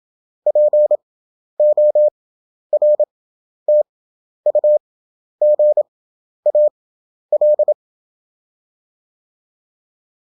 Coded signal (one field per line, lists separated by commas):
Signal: Morse code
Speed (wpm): 27 wpm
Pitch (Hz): 600 Hz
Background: none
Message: PORTUGAL